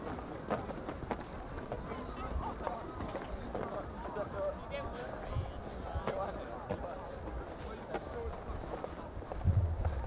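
A night walk through Glastonbury festival: a steady hubbub of many voices talking, with footsteps and scattered knocks, and a louder thump near the end.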